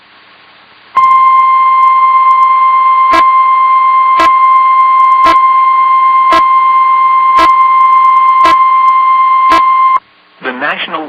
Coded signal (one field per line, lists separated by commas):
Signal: Emergency Alert System (SAME) tones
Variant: 1050 Hz attention tone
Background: speech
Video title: Nothing To Be Said Here | EAS Alerts from 8/19/21 (EAS #685-695)